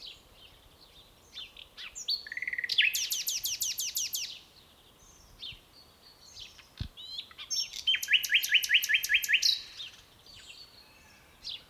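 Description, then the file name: Common nightingale singing: a fast series of repeated notes, then short varied notes, then a second pulsing trill. "Luscinia megarhynchos"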